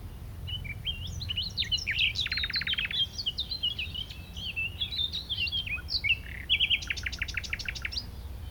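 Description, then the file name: Common nightingale: songbird pouring out busy, varied twittering phrases, with a buzzy rattling burst midway and a run of crisp repeated strokes near the end, over steady low background noise. "Luscinia megarhynchos"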